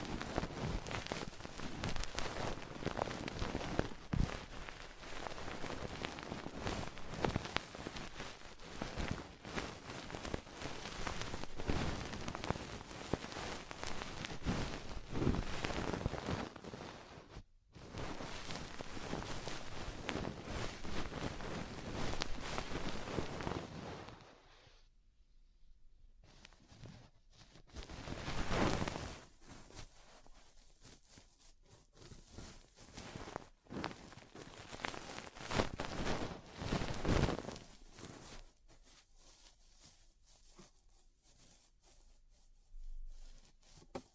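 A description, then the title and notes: Ear cleaning sounds: dense, scratchy rustling fills the first seventeen seconds, breaks off sharply, then resumes until about twenty-four seconds. After that it turns sparse and quieter, with scattered soft scrapes and brief bursts, including a louder swell near twenty-nine seconds. ASMR Deep Ear Cleaning Session. (No Talking).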